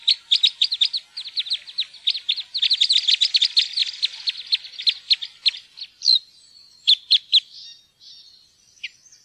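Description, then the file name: Red crossbill calls, a rapid, dense chatter of short sharp chirps for about six seconds, then a few separate kip notes and thin tones. "grankorsnebb"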